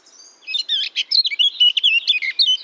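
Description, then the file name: Eurasian blackcap song, a dense run of quick warbled and whistled notes, rich and varied, running without a break. "Sylvia atricapilla"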